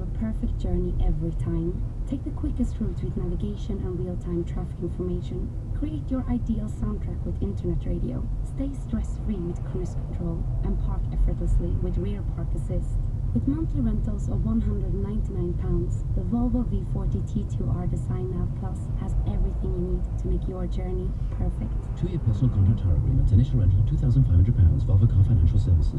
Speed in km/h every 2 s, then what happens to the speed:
31, 29, 31, 29, 27, 29, 32, 32, 34, 32, 32, 31, 32.
0-9 steady at about 29. 9-15 speeds up to 34. 15-26 steady at about 32.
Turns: none.